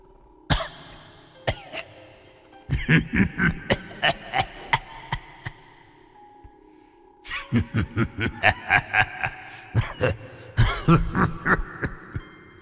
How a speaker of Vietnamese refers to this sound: Bên trong nhà vang lên tiếng ho khổ khổ khổ khổ.